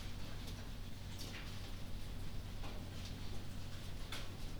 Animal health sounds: poultry house recording; no chicken sound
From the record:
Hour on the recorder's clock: 2

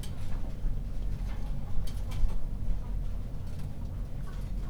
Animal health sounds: poultry house recording; sick chickens (respiratory disease)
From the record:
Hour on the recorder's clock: 21

